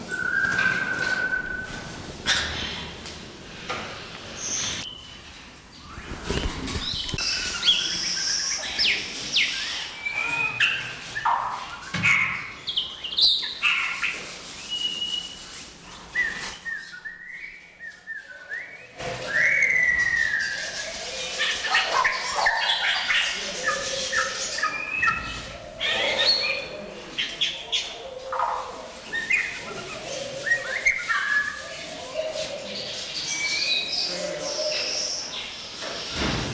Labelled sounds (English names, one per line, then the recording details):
White-rumped Shama
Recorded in captivity
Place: Zoo Berlin, Berlin, DE
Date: 1996-01-21 13:39
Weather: heiter, -7°C
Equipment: Sony MD-WM MZ-R3, Sennheiser ME 80, Kopie Uher 4000 Report Monitor
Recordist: Tembrock, Günter